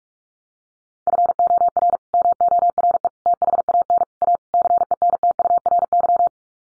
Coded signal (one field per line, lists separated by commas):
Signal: Morse code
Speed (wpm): 44 wpm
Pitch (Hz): 700 Hz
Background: none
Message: FOR MORE THAN A CENTURY